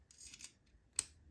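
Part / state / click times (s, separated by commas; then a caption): double-sided screwdriver bit into utility knife bit holder / seated / 1.0 s. A metal double-sided screwdriver bit is pushed into the bit holder of a flip utility knife, with faint scraping and rubbing sounds first. A sharp, bright click at 1.0 s marks the bit snapping into its small detent and seating locked in place.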